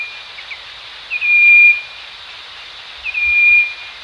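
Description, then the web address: Striped wren-babbler sounding two long, even, pure whistles about two seconds apart over a quiet background hiss. Recorded at Danum on 1 March 2008. "DANUM 20080301. striped wren-babbler"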